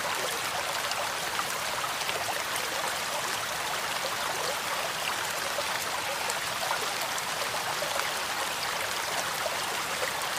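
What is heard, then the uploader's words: Steady rain hisses evenly throughout, a dense, bright patter of countless fine drops with no pauses, surges or distinct splashes. Raining Sounds. Water White Noise.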